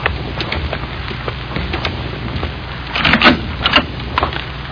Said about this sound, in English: There's a car coming up the drive.